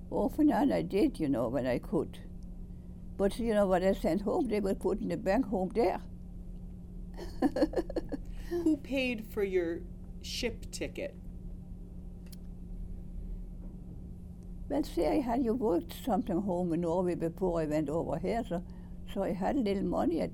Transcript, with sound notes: off and on, I did, you know, when I could. But you know, what I sent home, they would put in the bank home there. (Chuckles)
Who paid for your ship ticket?
Let's see, I had worked something home in Norway before I went over here, so, so I had a little money.